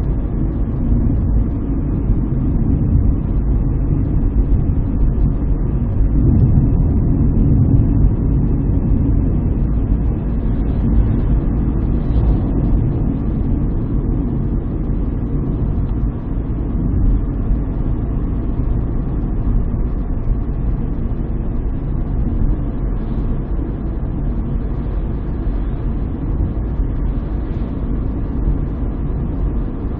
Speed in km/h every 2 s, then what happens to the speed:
58, 58, 58, 59, 59, 61, 61, 63, 61, 62, 62, 63, 63, 63, 64.
0-30 steady at about 61.